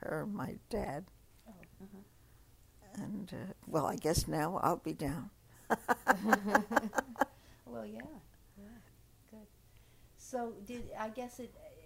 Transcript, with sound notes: Her, my dad...
Oh, uh-huh.
Well, I guess now I'll be down. ( she laughs )
Well, yeah, good, good. So, did, I guess it,